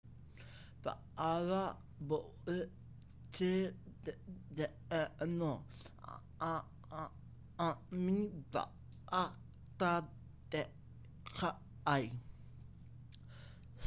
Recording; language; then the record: elicited speech; Bengali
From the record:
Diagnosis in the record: Broca's or global aphasia after a stroke